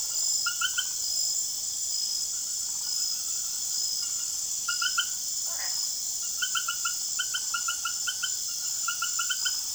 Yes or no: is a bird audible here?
no